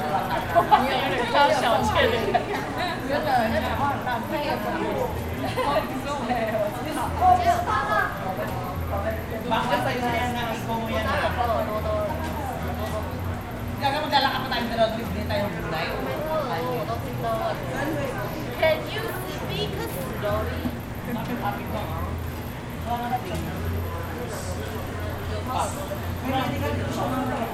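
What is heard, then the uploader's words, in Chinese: A busy street scene with steady, overlapping talk from many people, voices rising and falling without pause. A low rumble of traffic and engines runs underneath throughout, and the overall loudness stays even for the whole half minute. 那一夜,我在台北市的中山區。也記錄了當時等待過程中雙城街的聲音。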